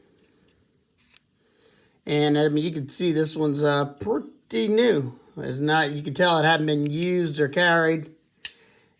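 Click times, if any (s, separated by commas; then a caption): 8.4 s. A folding knife blade is opened and locks into its subframe lock. Someone talks, then a single sharp metal click sounds at 8.5 seconds as the frame lock seats into place, a positive click.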